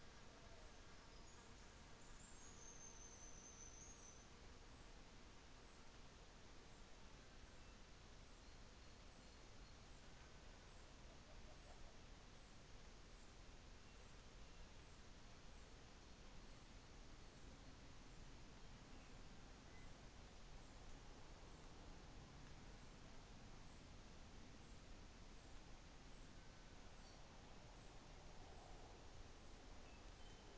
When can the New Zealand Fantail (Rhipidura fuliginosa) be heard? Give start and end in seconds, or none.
1.05-4.33